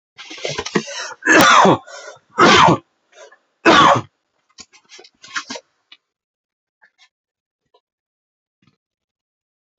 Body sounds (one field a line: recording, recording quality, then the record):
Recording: heavy voluntary cough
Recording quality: excellent, no background noise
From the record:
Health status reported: healthy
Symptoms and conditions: none ticked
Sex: male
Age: 40 years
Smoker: not ticked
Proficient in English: yes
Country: India